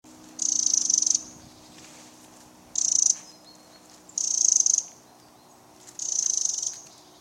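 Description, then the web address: Eurasian wren calls: four dense, buzzy high rattles, each under a second, spaced by pauses of about one to two seconds. "SETE Troglodytes troglodytes"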